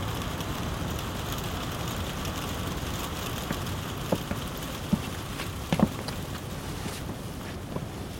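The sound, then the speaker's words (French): Rain falls in a steady, even hiss, with a few sharp drips or taps standing out now and then. No one speaks. “La pluie a fait fondre toute la neige.”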